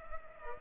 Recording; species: mosquito wingbeat signal from an infrared sensor; Culex pipiens